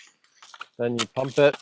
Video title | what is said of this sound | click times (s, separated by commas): Which Reloading Action is Best for an Air Rifle (Pellet/BB Gun)? Pump vs Break-Barrel vs CO₂ | Push this lever forward till it clicks. | 0.6 s